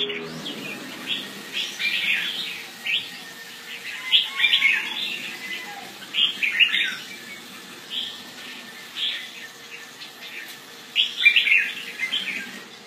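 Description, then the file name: Red-whiskered bulbul calls in scattered bursts of brisk chirps over steady hiss, with several short phrases spread unevenly across the recording. "Pycnonotus jocosus"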